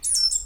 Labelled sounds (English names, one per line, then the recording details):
Stitchbird song
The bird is a male
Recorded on Tiritiri Matangi Island, New Zealand, in 2005
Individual 4, of nest box 4